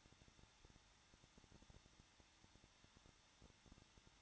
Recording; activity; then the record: daily activity, microphone in the room; no activity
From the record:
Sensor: 3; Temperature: 21.2 degrees Celsius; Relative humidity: 36.4%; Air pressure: 1006.4 hPa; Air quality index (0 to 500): 224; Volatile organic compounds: 44 ppm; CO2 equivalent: 3209 ppm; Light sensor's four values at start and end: 2/3/2/2 and 2/3/2/2